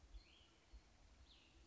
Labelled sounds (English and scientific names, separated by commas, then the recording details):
Cassin's Vireo (Vireo cassinii)
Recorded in Sonoma County, California